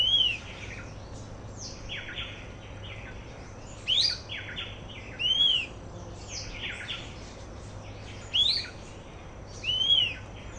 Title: LuckyPassaro Completos2Sama. Fuscous Flycatcher (Cnemotriccus fuscatus fuscatior)